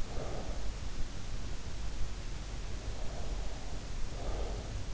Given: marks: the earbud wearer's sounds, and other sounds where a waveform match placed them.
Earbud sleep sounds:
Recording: sounds in sleep by an in-ear microphone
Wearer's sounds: breath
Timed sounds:
0.00-0.77 s: breath
2.77-4.77 s: breath

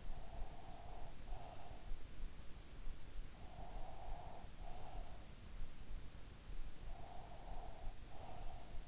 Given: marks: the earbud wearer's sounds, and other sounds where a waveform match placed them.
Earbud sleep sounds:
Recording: sounds in sleep by an in-ear microphone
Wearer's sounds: breath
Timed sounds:
0.24-1.88 s: breath
3.50-5.34 s: breath
6.78-8.88 s: breath

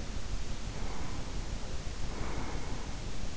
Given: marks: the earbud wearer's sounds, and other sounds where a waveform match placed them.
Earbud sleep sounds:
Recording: sounds in sleep by an in-ear microphone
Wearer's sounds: breath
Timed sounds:
0.43-3.29 s: breath

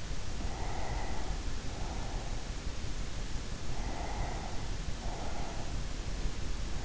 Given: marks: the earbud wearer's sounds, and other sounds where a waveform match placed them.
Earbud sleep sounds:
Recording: sounds in sleep by an in-ear microphone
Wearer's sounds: breath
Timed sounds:
0.29-2.69 s: breath
3.75-5.90 s: breath

